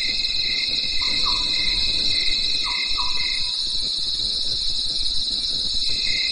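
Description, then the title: Dense high cricket trill with a lower pulsing chirp in bursts and two pairs of short soft low notes in the first three seconds. Night in the mountains after daytime rain; crickets calling in a chorus. "At night, the cricket cricket and nightingale choir in the mountains"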